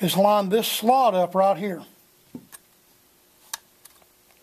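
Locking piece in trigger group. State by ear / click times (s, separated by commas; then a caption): seated / 3.5 s. Someone talks, then a finger pushes the small locking piece in the trigger group of an FN PS90 back to line up the slot. A few faint ticks follow, and a sharp click at 3.5 s marks the piece locking into place.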